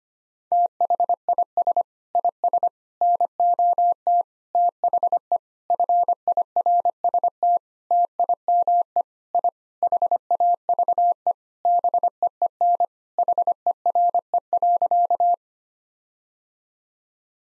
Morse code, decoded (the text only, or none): THIS IS NOT THE FIRST TIME I HAVE BEEN HERE.